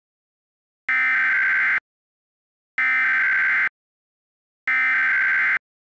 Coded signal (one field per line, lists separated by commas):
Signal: Emergency Alert System (SAME) tones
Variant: header bursts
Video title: EAS Scenario - The Fog Is Coming